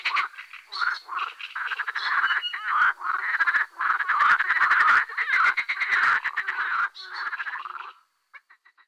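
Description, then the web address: Marsh frog croaking in long, almost continuous runs of rattling pulses, ending with a few short clicks. "Fotoim Hangok Pelophylax ridibundus"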